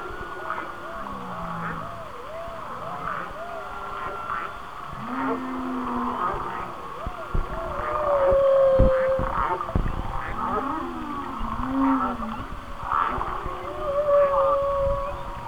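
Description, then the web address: Whale singing a series of quickly repeated warbling notes, then sustained moans and a few sharp, clear whistles later in the passage, over constant background hiss. "Natures Songs Whale Songs Whale Songs- Mike Mc Donald"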